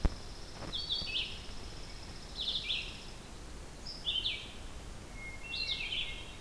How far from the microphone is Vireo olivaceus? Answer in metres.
about 30 m